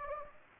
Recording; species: mosquito wingbeat signal from an infrared sensor; Anopheles gambiae